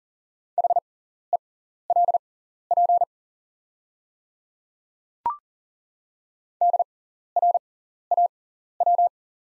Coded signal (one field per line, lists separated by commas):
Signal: Morse code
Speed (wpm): 38 wpm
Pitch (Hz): 700 Hz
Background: none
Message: HELP DRAW